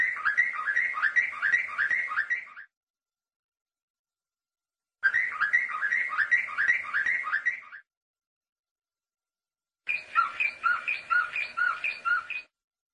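Canary song with rolling trills of repeated downslurred notes in separate bursts, the last burst changing to a harsher, more varied pattern.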